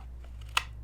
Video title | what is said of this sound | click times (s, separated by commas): Holtzman's Gorilla Survival Bushwhacker - Great Performance, Fit and Finish!! | nice click right in the front of the sheath. | 0.6 s